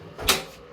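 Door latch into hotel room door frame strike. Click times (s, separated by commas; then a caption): 0.3 s. A hotel room door that looked shut but had not latched is pushed by hand, and its latch clicks home into the strike in the door frame at 0.3 s. The sharp click rises out of a quiet background, and the door is now latched.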